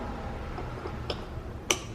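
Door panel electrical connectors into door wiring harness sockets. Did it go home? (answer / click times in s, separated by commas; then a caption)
yes / 1.1 s, 1.7 s. Door panel electrical connectors, plastic plug housings, on a 2015-2020 Kia Optima are pushed into their door wiring harness sockets while the door panel is held up. Two sharp clicks sound at 1.1 s and 1.7 s, the second one loud and very short, over a steady low background. The connectors snap in and are seated.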